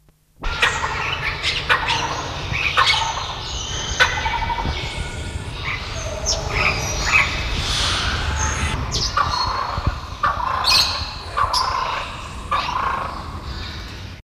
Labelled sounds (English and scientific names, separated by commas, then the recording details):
Jungle Bush Quail (Perdicula asiatica) call
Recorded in captivity
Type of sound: call
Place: Zoo Köln, Nordrhein-Westfalen, DE
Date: 1970-01-24
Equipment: Halbspur, 9,5 cm/s
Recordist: Lütgens, Hans
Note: Rufe